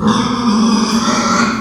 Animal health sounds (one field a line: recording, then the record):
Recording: squeal of a Yucatan mini pig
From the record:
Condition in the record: after surgery on the right vocal fold (resection and tissue-engineered implant)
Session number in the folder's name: 16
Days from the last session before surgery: 183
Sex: female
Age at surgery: 19 weeks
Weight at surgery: 25 kg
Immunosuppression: prednisolone